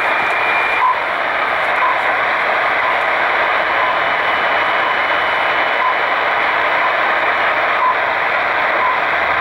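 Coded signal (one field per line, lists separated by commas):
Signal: radio time signal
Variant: RWM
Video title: RWM Moscow time pips on 9996 khz Tecsun pl-600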